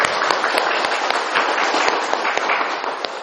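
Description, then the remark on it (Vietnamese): A dense, steady round of applause from many hands to thank a Buddhist teacher at a dharma talk, a continuous crackling wash of claps with occasional sharper slaps standing out, holding at an even, fairly loud level throughout with no voices. “Chính vì thế có lẽ chúng ta phải có một tràng vỗ tay để cảm ơn thầy.”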